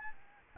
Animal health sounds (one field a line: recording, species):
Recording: mosquito wingbeat signal from an infrared sensor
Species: Aedes albopictus